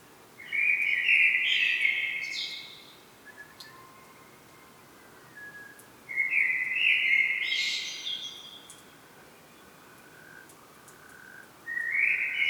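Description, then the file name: Common blackbird giving mellow fluted song phrases about every five seconds, the complete ones ending in a high scratchy flourish, with faint softer notes in the gaps. "Turdus merula"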